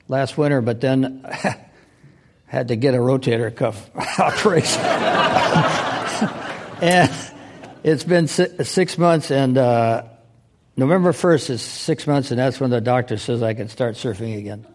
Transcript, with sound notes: last winter but then had to get a rotator cuff operation.
[Laughter]
And it’s been six months and November 1st is six months and that's when the doctor says I can start surfing again.